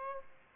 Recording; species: mosquito wingbeat signal from an infrared sensor; Aedes aegypti